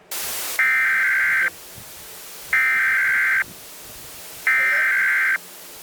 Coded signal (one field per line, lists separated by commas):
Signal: Emergency Alert System (SAME) tones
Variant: header bursts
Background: speech